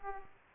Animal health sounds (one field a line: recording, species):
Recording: mosquito wingbeat signal from an infrared sensor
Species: Aedes aegypti